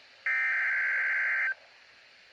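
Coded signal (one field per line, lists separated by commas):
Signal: Emergency Alert System (SAME) tones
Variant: header bursts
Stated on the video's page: Flash flood warning on NOAA Weather Radio for parts of New Jersey, Delaware and Pennsylvania.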